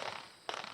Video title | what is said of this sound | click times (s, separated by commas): Time Capsule: 2019-08-24 Saturday - Niki Range Day | that way it's locked in that's good okay | 0.5 s